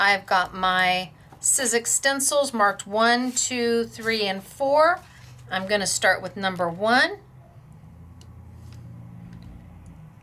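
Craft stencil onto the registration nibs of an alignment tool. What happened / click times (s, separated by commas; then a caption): The stencil is being handled and has not yet clicked onto the pins / none. Someone talks, then quieter handling follows as a thin Sizzix craft stencil, number one of a set marked one to four, is brought toward the registration nibs of a stamping alignment tool over paper laid against the tool's edge. Faint light taps occur at about 8.2, 8.7, 9.3 and 9.9 seconds. Nothing has clicked or seated onto the pins yet by the end.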